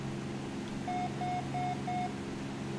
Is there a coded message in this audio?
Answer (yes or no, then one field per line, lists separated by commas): no